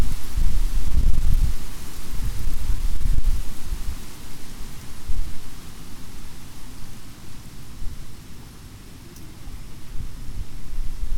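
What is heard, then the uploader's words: Wind roars through oak and hickory trees in deep, rumbling gusts, loudest in the first three seconds and again around five seconds. It eases to a softer rush near eight to nine seconds before building again. A faint steady hiss sits above the rumble throughout. Warning: wind clipping audio throughout (especially in the left ear). Windy day in an oak and hickory stand adjacent to a mill pond.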